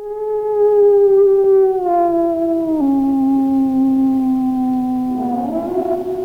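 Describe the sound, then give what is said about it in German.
A dog howls in one long, unbroken, tonal wail that sinks lower in a couple of steps, then swoops back upward near the end, loud and alone with no talking. “Das Heulen des Hundes antwortet dem Heulen des Windes.”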